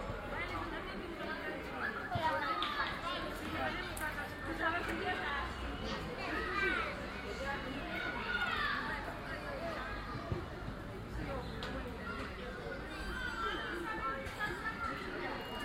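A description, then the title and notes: Children play in a park, their overlapping voices forming a dense, continuous chatter with occasional louder calls and shouts. The level stays steady throughout, with a few sharp knocks near four and ten seconds, and a low outdoor rumble underneath. Kids Playing at Parque Arzúa. In Situ Season 1 episodes are 5 minutes of ambient sound recorded along del Norte, the northern coastal route of the Camino de Santiago network of pilgrimage paths converging in Spain. These tiny meditations are made with binaural microphones, creating an immersive hyper-realistic listening experience.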